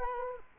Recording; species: mosquito wingbeat signal from an infrared sensor; Culex quinquefasciatus